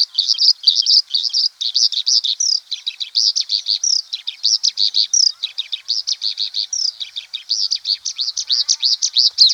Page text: Oriental Skylark Song - Quick Sounds